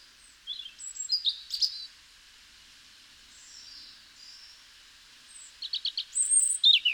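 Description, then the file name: European robin song: scattered thin, high warbled phrases and quick twittering notes, with a burst of rapid sharp notes and squeaky trills near the end. "Erithacus rubecula"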